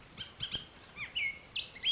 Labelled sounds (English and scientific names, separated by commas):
Bullock's Oriole (Icterus bullockii)